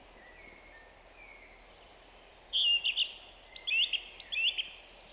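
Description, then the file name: Song thrush giving a loud, shrill phrase of twisted whistles, then a similar repeated figure, over a background of bird calls. "Zanglijster Turdus philomelos"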